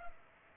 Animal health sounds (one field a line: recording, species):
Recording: mosquito wingbeat signal from an infrared sensor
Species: Culex pipiens